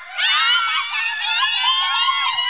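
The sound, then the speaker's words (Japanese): A crowd of fans' high-pitched voices screams and squeals excitedly all at once, a dense, loud, continuous shrieking that swells early and stays intense for a few seconds. “ああ、うるさい奴らだ、まったく。”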